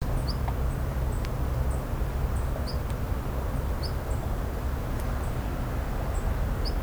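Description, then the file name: Long-tailed rosefinch calling with brief high rising notes at irregular intervals, paired with fainter higher chips, against a constant low background hum. "benimasiko"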